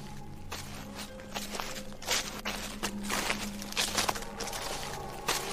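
Slow footsteps of a woman walking up into a house yard crunch and rustle through dry leaves laid out to dry for medicine, each step a soft, crackling burst in an irregular rhythm over a low steady hum, with no one speaking.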